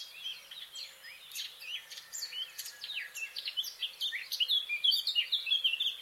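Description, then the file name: Eurasian blackcap song: fast scratchy twittering that grows louder and ends in clearer, whistled high phrases over about six seconds. "Sylvia atricapilla"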